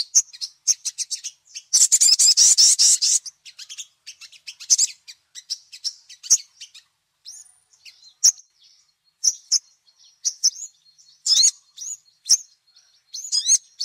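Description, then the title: Little spiderhunter song: scattered high chips, then a loud harsh buzzing burst, then more quick high twitters and sharp notes in uneven groups. Labaik song variety; a long tutor recording used to teach caged songbirds. "Masteran Burung Sogok Ontong Labaik"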